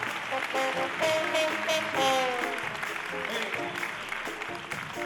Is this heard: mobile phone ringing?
no